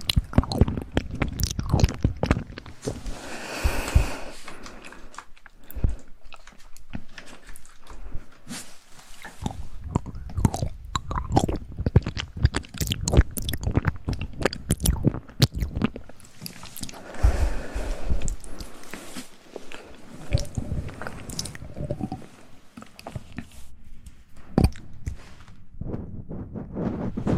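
Wet mouth sounds, with chewing, biting and squishy clicks packed close together throughout. The sounds come in quick irregular bursts, soft and low with occasional brighter crackles, swelling busier around four seconds and again around seventeen to nineteen seconds.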